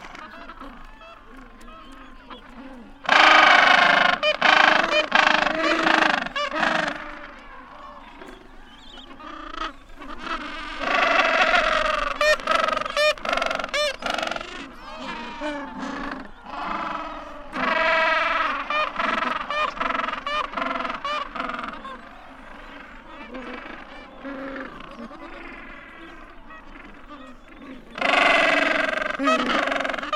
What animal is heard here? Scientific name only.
Pygoscelis papua